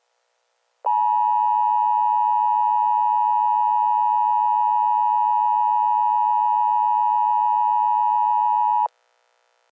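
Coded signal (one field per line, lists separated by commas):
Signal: Emergency Alert System (SAME) tones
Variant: 853 and 960 Hz attention tone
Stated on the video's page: Mock recreation of an April 2018 tornado warning EAS alert.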